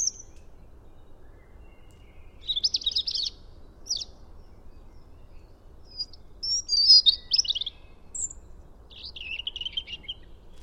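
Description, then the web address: European robin singing short, high, scratchy and tinkling phrases separated by pauses, each phrase different from the last. "SETE data Erithacus rubecula"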